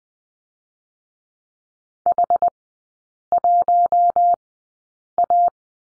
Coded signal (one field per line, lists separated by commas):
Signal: Morse code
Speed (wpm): 20 wpm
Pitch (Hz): 700 Hz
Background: none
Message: H1A